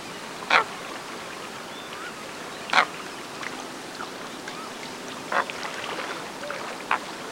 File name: Andean coot